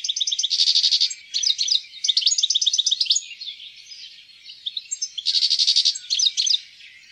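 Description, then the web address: European goldfinch song: quick tinkling trills alternating with chattering phrases, a softer pause midway, then another dense run of rapid notes. "fuglelyder- stilits"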